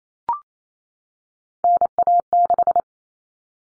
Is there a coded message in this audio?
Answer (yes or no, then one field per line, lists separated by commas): yes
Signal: Morse code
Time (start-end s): 1.6-2.8 s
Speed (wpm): 28 wpm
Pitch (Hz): 700 Hz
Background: none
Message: NA6